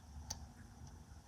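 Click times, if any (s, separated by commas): 0.3 s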